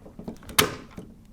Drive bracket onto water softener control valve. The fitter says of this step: you need to just adjust things slightly and it'll it'll clip back in clips